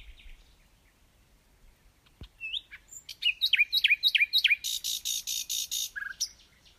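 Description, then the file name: Common nightingale song: a click, whistled notes, repeated downslurred chirps, then a harsh buzzy rattle and a final low whistle. "Luscinia megarhynchos"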